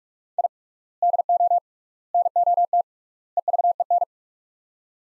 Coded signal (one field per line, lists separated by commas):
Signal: Morse code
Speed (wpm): 43 wpm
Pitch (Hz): 700 Hz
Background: none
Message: I DO NOT EVEN